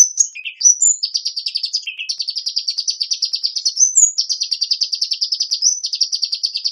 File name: Ptichka kolibri - Penie